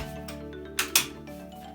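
A plastic tool or wand for a Shark Anti Hair Wrap vacuum cleaner is pushed onto the handle over a low, steady background hum. Two sharp clicks ring out at 0.8 s and 1.0 s, the second louder, and the attachment is seated properly in place.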